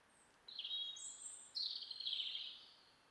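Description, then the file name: European robin song: a high sustained whistle and a very high thin note, then a rich, warbling, tumbling phrase that fades out. "Erithacus rubecula"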